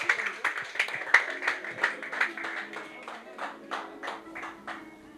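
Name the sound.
audience applause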